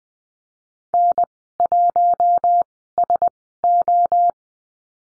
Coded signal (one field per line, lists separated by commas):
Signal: Morse code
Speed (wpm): 20 wpm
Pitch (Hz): 700 Hz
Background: none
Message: N1SO